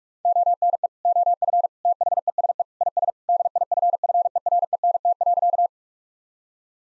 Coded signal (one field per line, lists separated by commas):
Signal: Morse code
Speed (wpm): 46 wpm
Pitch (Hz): 700 Hz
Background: none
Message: ONE OF THESE IS DIFFERENT.